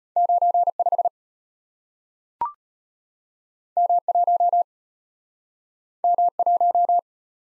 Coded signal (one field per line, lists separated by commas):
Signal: Morse code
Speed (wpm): 34 wpm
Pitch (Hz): 700 Hz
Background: none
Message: 95 M1 M1